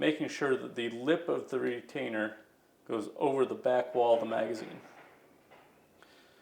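Someone talks while positioning the spring retainer in a Ruger LCP II .22LR pistol magazine, lining up the lip of the metal and polymer retainer over the back wall of the magazine body and holding it with a thumb. The talking fills the first 4.5 seconds, followed by faint handling noise and a small tick near 6.0 s. Nothing has seated or clicked yet, since the floor plate has not been slid on.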